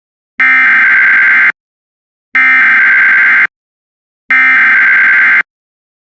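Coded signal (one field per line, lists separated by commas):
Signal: Emergency Alert System (SAME) tones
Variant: header bursts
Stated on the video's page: Tornado Warning received on an internet stream, captured by a screen recorder.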